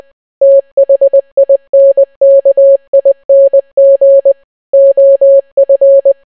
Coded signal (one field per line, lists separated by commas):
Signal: Morse code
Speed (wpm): 20 wpm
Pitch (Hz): 550 Hz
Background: none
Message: THINKING OF